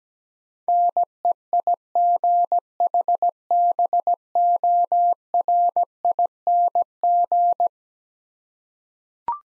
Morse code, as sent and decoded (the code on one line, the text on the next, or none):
-. . .. --. .... -... --- .-. .. -. --.
NEIGHBORING